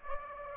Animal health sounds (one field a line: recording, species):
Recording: mosquito wingbeat signal from an infrared sensor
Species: Aedes aegypti